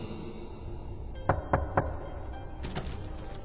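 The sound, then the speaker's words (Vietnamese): Three sharp knocks on a door in a quick, even rhythm, followed by a softer scrape or shuffle against a low, steady background hum. “Rồi sau đó thoáng một cái, tôi nghe có tiếng ai gõ cửa.”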